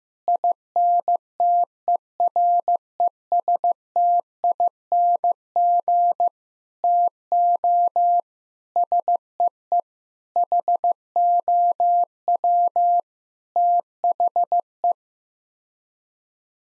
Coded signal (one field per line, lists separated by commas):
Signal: Morse code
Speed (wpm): 15 wpm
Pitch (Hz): 700 Hz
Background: none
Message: INTERESTING TO SEE HOW THE